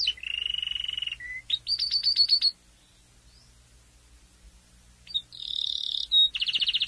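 Domestic canary singing a low rolling trill and quick high chirps, then a gap of quiet before buzzy high trills return.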